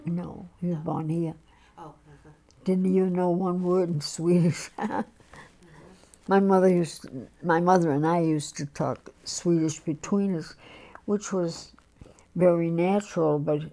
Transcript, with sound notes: No?
He was born here.
Oh. Uh-huh.
Didn't even know one word in Swedish. (she laughs) My mother used, my mother and I used to talk Swedish between us, which was very natural, but,